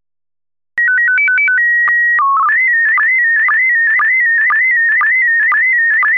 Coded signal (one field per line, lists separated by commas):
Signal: SSTV (slow-scan television)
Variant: PD 120